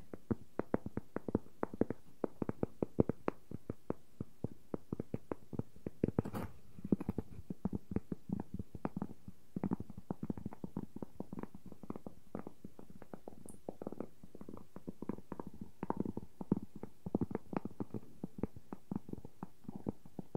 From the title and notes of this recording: ASMR No Talking Wooden Objects Tapping and Scratching.